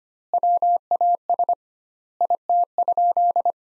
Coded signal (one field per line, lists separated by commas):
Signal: Morse code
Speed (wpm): 25 wpm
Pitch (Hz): 700 Hz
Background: none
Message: WAS IT?